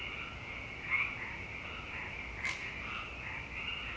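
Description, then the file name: Frogs chorus softly, a steady mass of croaking with two louder calls standing out. "frogpocalypse"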